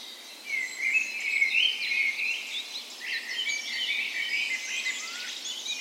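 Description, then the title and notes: Birds (dawn chorus): many birds singing in a dawn chorus, a clear whistled phrase standing out early, followed by mixed trills and chirps. Dawn chorus in a park west in Bergen, Norway, on the morning of 17 May, Norway's National Day, in full spring; Sony PCM A10 recorder with LOM Usi microphones mounted as tree ears. "17th Of May Dawn Chorus. Recorded on the morning of Norways National Day the 17th of May in a park west in Bergen. Spring is in full effect, and the dawn chorus sounds wonderful!"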